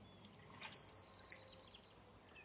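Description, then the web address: Eurasian blue tit: a thin high descending note, a short buzzy flourish, then a fast trill of even pulses. "cianscape birddata Deverinetal 2025 File origin Bird Only Cy Ca"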